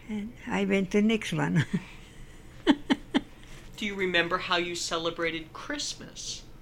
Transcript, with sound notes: and I went to next one. (Laughs)
Do you remember how you celebrated Christmas...